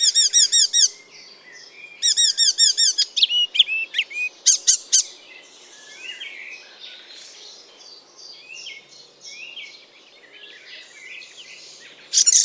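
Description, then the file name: Icterine warbler song opening with fast repeated squeaky phrases, followed by mixed sharp notes and a quieter, rambling jumble of chatter, ending with another rapid burst. "Ruud van Beusekom - Zelenaya peresmeshka Hippolais icterina"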